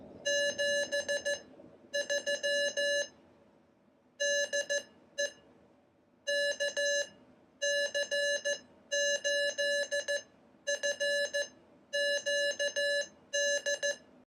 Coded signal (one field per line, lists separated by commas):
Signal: Morse code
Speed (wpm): 14 wpm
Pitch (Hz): 570 Hz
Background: none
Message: 73 DE KC8FQD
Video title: Iambic Paddle Morse Code Practice Oscillator